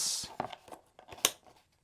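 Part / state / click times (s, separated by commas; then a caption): plastic playset part into its mount on the toy base / seated / 1.2 s. A plastic piece of a Masters of the Universe Origins Fright Zone action-figure playset is pushed onto its mount on the toy base, with soft plastic clicks and rustling near the start. One sharp click sounds at 1.3 seconds, and the piece locks in place.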